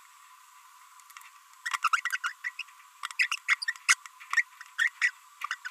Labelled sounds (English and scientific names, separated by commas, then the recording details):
Green-rumped Parrotlet (Forpus passerinus) babbling
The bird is a female
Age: 30 days
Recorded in a nest box in Venezuela
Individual 17B42B1